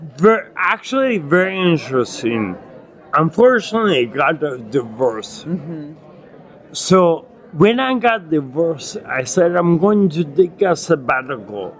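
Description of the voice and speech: Adult man speaking with drawn-out vowels, irregular pauses and slurred consonants, finding it very difficult to speak and articulate: ataxic dysarthria from acquired ataxia (Lance-Adams syndrome) with myoclonus, after Legionnaires' pneumonia and a 12-day induced coma that caused severe brain damage.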